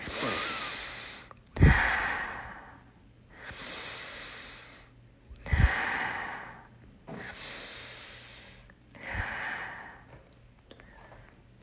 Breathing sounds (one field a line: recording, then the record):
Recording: deep breathing after running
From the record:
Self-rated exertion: moderate exertion (3 of 6)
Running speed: 5 miles an hour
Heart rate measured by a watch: 114 beats a minute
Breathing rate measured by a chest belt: 26 breaths a minute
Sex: male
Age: 25 years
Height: 174 cm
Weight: 71 kg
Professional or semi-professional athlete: no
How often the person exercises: 3 to 5 times a week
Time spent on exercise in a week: 2 to 3 hours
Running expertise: no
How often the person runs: 1 to 2 times a week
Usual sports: running, swimming, badminton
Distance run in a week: 8 km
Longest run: 10 km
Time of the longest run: 48 minutes